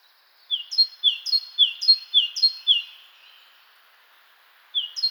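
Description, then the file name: Great tit song of quick paired notes, a lower drawn note followed by a bright high one, repeated five times before a pause and a fresh start. "Parus major"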